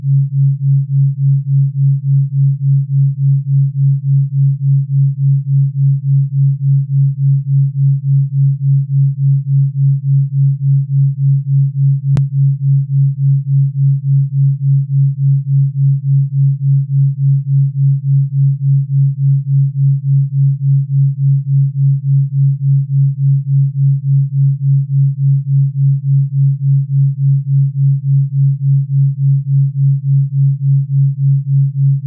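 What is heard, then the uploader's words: A low, pure humming tone holds steady near 140 Hz for the whole stretch, pulsing in a fast, even wobble like binaural beats. Nothing else enters except a single faint click around twelve seconds in. BINAURAL beats. 3.5 Hz.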